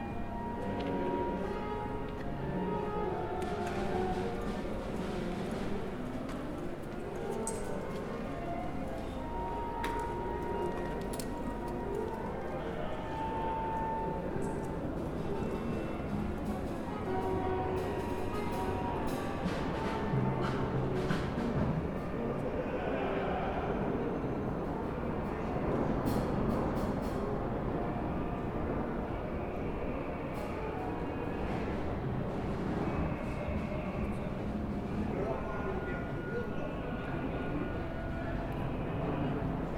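Musical cacophony from practice rooms in London pours out through open windows, a dense, unbroken tangle of overlapping notes and tones. Short clicks and knocks cut through now and then, over a steady low rumble that holds evenly for the full forty seconds.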